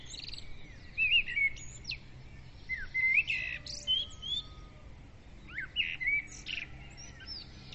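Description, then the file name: Birds whistle and chirp in repeated short phrases of bright slurred notes, over faint background hiss. Dawn bird chorus, recorded with a Zoom recorder. "Madarak hajnali dicsérete"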